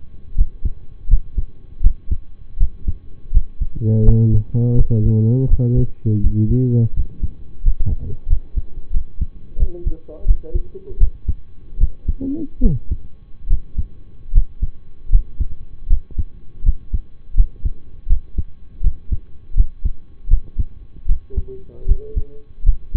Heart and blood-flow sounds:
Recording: heart sounds by stethoscope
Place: between the tricuspid and mitral areas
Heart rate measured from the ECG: 81 bpm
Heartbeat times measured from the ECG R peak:
0.35 s: heartbeat
1.08 s: heartbeat
1.81 s: heartbeat
2.58 s: heartbeat
3.31 s: heartbeat
4.03 s: heartbeat
4.75 s: heartbeat
5.48 s: heartbeat
6.21 s: heartbeat
6.94 s: heartbeat
7.62 s: heartbeat
8.27 s: heartbeat
8.91 s: heartbeat
9.57 s: heartbeat
10.25 s: heartbeat
10.98 s: heartbeat
11.78 s: heartbeat
12.60 s: heartbeat
13.48 s: heartbeat
14.32 s: heartbeat
15.09 s: heartbeat
15.87 s: heartbeat
16.63 s: heartbeat
17.34 s: heartbeat
18.07 s: heartbeat
18.81 s: heartbeat
19.54 s: heartbeat
20.28 s: heartbeat
21.06 s: heartbeat
21.86 s: heartbeat
22.63 s: heartbeat
From the record:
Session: rest, lying down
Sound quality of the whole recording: partially saturated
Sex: male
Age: 25 years

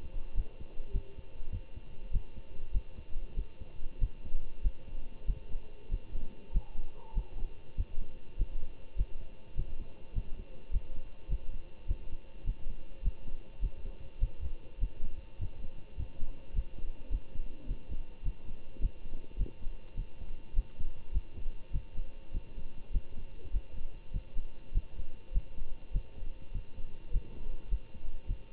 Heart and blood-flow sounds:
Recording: heart sounds by stethoscope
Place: between the tricuspid and mitral areas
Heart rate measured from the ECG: 101 bpm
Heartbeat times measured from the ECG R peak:
0.34 s: heartbeat
0.91 s: heartbeat
1.50 s: heartbeat
2.11 s: heartbeat
2.71 s: heartbeat
3.34 s: heartbeat
3.99 s: heartbeat
4.62 s: heartbeat
5.26 s: heartbeat
5.89 s: heartbeat
6.52 s: heartbeat
7.13 s: heartbeat
7.76 s: heartbeat
8.37 s: heartbeat
8.96 s: heartbeat
9.55 s: heartbeat
10.13 s: heartbeat
10.71 s: heartbeat
11.28 s: heartbeat
11.86 s: heartbeat
12.44 s: heartbeat
13.02 s: heartbeat
13.60 s: heartbeat
14.19 s: heartbeat
14.79 s: heartbeat
15.38 s: heartbeat
15.96 s: heartbeat
16.53 s: heartbeat
17.09 s: heartbeat
17.66 s: heartbeat
18.23 s: heartbeat
18.80 s: heartbeat
19.36 s: heartbeat
19.95 s: heartbeat
20.54 s: heartbeat
21.11 s: heartbeat
21.71 s: heartbeat
22.32 s: heartbeat
22.91 s: heartbeat
23.51 s: heartbeat
24.12 s: heartbeat
24.72 s: heartbeat
25.32 s: heartbeat
25.91 s: heartbeat
26.52 s: heartbeat
27.11 s: heartbeat
27.69 s: heartbeat
28.26 s: heartbeat
From the record:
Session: Bruce protocol treadmill stress test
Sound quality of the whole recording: good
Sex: male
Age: 25 years

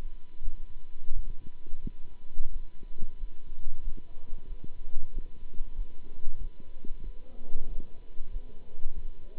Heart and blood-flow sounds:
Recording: heart sounds by stethoscope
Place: between the tricuspid and mitral areas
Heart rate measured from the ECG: 91 bpm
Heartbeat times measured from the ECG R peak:
0.40 s: heartbeat
1.13 s: heartbeat
1.80 s: heartbeat
2.51 s: heartbeat
3.17 s: heartbeat
3.82 s: heartbeat
4.46 s: heartbeat
5.12 s: heartbeat
5.75 s: heartbeat
6.37 s: heartbeat
7.02 s: heartbeat
7.67 s: heartbeat
8.30 s: heartbeat
8.93 s: heartbeat
From the record:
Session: Bruce protocol treadmill stress test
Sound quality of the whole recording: good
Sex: male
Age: 26 years

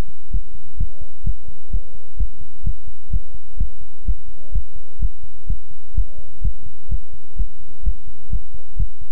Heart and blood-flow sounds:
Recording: heart sounds by stethoscope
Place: between the tricuspid and mitral areas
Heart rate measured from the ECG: 128 bpm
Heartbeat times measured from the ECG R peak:
0.30 s: heartbeat
0.77 s: heartbeat
1.23 s: heartbeat
1.70 s: heartbeat
2.17 s: heartbeat
2.63 s: heartbeat
3.10 s: heartbeat
3.57 s: heartbeat
4.04 s: heartbeat
4.52 s: heartbeat
4.99 s: heartbeat
5.46 s: heartbeat
5.94 s: heartbeat
6.41 s: heartbeat
6.88 s: heartbeat
7.36 s: heartbeat
7.83 s: heartbeat
8.29 s: heartbeat
8.76 s: heartbeat
From the record:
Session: pedaling a stationary bicycle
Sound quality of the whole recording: good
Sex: male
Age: 24 years

